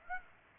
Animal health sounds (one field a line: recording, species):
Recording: mosquito wingbeat signal from an infrared sensor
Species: Aedes aegypti